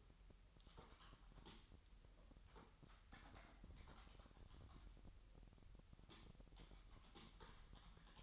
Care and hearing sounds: daily activity, microphone in the room; typing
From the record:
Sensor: 3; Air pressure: 1002.0 hPa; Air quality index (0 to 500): 246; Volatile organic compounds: 50 ppm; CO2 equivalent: 3295 ppm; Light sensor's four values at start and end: 13/41/17/15 and 13/41/17/15

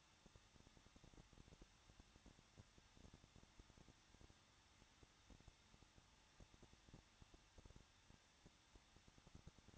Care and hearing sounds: daily activity, microphone in the room; no activity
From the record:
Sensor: 3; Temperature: 21.2 degrees Celsius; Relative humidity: 36.3%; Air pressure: 1006.2 hPa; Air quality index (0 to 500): 222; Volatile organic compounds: 42 ppm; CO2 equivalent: 3175 ppm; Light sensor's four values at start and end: 2/3/2/2 and 2/3/2/2

